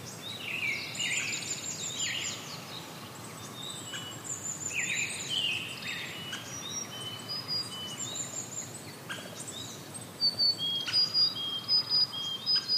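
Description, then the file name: Brown-headed thrush song: several brief fluty phrases mixed with thin high whistled notes. "akahara"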